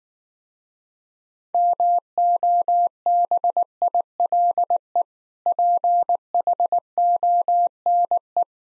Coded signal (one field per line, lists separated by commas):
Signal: Morse code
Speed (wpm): 19 wpm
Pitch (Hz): 700 Hz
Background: none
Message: MOBILE PHONE